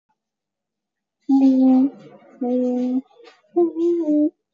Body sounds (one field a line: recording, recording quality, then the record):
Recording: sustained vowel as in made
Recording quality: poor, much background noise or distortion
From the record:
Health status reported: exposed to COVID-19, no respiratory illness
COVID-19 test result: negative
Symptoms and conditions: cold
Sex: female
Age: 39 years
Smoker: no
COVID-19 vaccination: both doses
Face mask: worn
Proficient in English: yes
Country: India